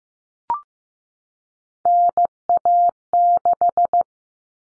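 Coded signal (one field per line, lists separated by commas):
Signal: Morse code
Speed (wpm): 15 wpm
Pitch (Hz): 700 Hz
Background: none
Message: NA6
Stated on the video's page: Morse practice of three-digit cut numbers at 15 wpm, each sent twice.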